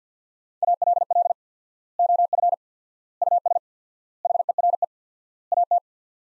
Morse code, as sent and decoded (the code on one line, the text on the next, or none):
.- .-.. .-.. / --- ..-. / ..- ... / .... . .-. . / .- -
ALL OF US HERE AT